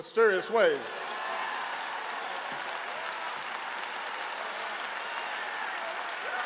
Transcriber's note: applause